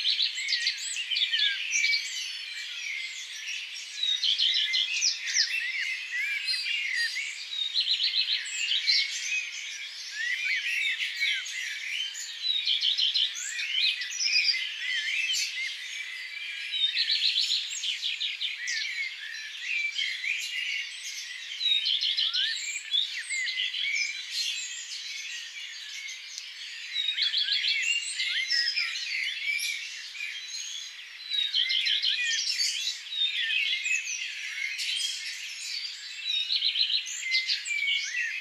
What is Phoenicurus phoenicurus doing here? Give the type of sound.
song